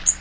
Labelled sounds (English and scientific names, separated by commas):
Magnolia Warbler (Setophaga magnolia) flight call